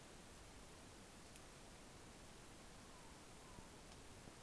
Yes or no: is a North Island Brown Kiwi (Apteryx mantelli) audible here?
no